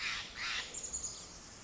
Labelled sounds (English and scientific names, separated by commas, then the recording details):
Pacific Wren (Troglodytes pacificus)
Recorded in Sonoma County, California